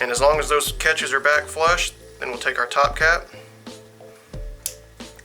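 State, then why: Seated. After the wires are repinned, a plastic top cap is pushed back onto an automotive wiring connector housing while someone talks. A single sharp, loud snap rings out at 4.7 s as the cap seats back on.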